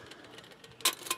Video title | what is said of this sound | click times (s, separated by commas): Emberlit FireAnt | and then just push it down level until it snaps in and as you can see | 0.9 s